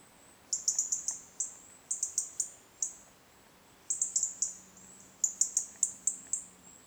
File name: Erithacus rubecula